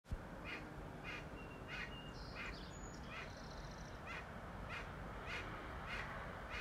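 Ducks calling in a steady series of rough quacks roughly every two-thirds of a second through loud continuous rumbling noise, with a faint thin whistle partway through.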